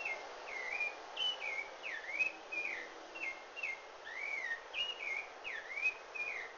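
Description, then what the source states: Rufous-bellied thrush singing a series of whistled, swooping notes, some rising and some dipping, delivered at an even pace with short pauses between phrases. Recorded in Brazil.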